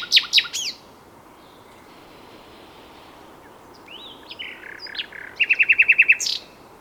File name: Luscinia megarhynchos